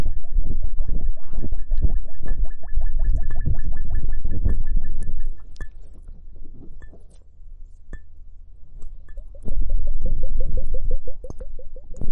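A foamy hourglass, with dense rapid ticking and popping like bubbles, fast and regular, over a low rumbling bed for the first five seconds. A quieter stretch follows with scattered pops, then the quick rhythmic crackle returns briefly before settling softer at the end.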